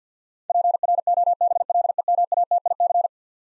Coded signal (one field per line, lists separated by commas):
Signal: Morse code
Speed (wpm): 50 wpm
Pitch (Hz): 700 Hz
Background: none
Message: PROBLEMATIC